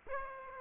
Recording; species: mosquito wingbeat signal from an infrared sensor; Aedes aegypti